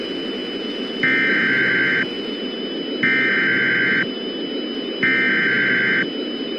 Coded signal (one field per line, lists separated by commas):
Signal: Emergency Alert System (SAME) tones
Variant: header bursts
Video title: Blackout A MasterCarl65 PRODUCTIONS EAS Scenario